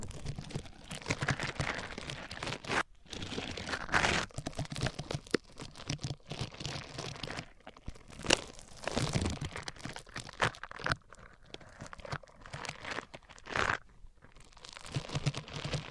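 Microphones are rubbed across different surfaces, making a busy, scratchy crinkling and crunching that sounds like rough friction and tearing. The scraping runs almost continuously with irregular bursts and short drops, including a brief silence near three seconds and sharper louder strokes around four, eight and fourteen seconds.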